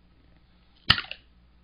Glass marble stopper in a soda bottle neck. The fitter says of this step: hear the pop you hear the sound of the glass small bro being loosened awareness so